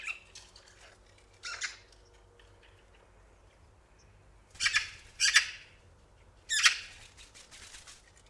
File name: Pica pica